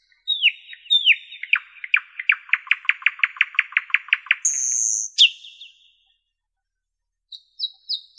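Common nightingale singing: descending whistled slurs, then a fast series of repeated notes, a high buzzy note, a pause, and a few sharp high notes.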